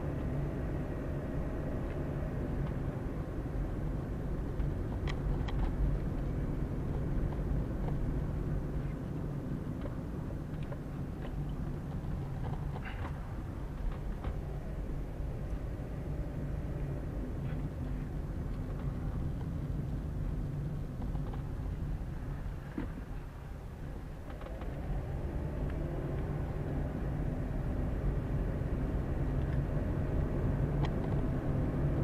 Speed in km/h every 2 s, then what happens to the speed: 29, 31, 31, 30, 30, 23, 13, 14, 21, 21, 19, 11, 14, 22, 28, 32.
0-8 steady at about 30. 8-12 brakes to 13. 12-18 speeds up to 21. 18-23 slows to 11. 23-32 speeds up to 32.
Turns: none.